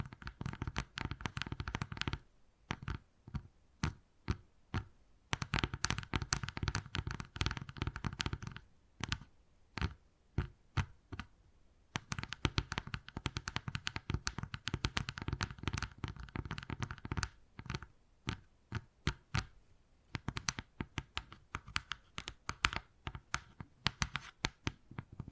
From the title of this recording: Wood Carving, Tapping and Scratching Sounds